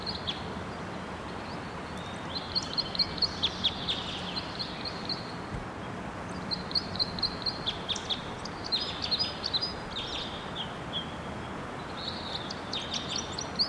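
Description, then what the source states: White-winged Crossbill song, long mix of rapid high trills, chattering notes and buzzy phrases in several bursts, over persistent low background noise. Red male perched in the top of a tall tree, singing.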